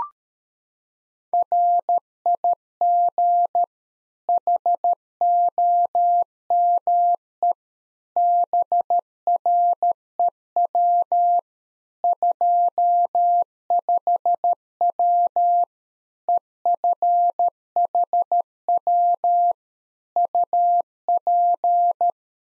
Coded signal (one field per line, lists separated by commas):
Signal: Morse code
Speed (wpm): 13 wpm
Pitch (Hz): 700 Hz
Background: none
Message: RIG HOME BREW 25W EFHW UP